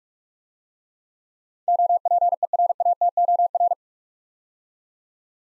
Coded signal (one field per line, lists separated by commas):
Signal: Morse code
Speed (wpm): 44 wpm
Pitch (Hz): 700 Hz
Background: none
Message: OPERATOR